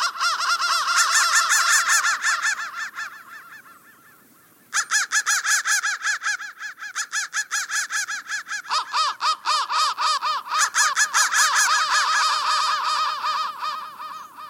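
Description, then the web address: Crows giving harsh, rapid caws in a dense overlapping chorus, fading into a brief lull near four seconds before loud, fast calling resumes and continues to the end. "soundfactory crow 1"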